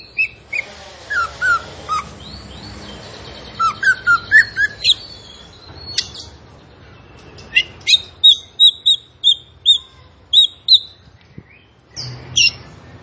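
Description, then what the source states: Zebra finch song: high chirps and slurred whistles, then a series of sharp repeated notes, with a few harsh bursts. A songbird singing vigorously (gacor), used as a model for caged birds to learn from.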